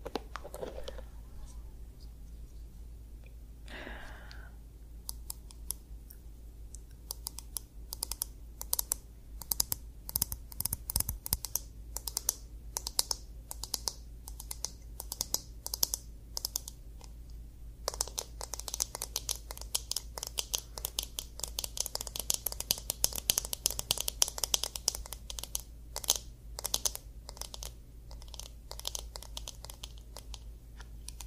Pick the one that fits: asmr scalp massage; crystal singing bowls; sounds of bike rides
asmr scalp massage